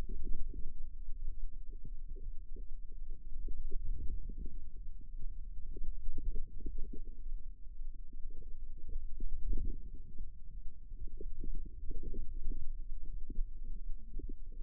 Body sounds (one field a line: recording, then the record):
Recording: forearm muscle sounds (acoustic myography)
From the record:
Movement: ulnar deviation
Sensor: system 2, bracelet of six BSWA MPA416 microphones around the upper forearm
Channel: 1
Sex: female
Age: 25 years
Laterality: right